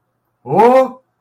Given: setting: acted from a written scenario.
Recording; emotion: vocal sound without words; fear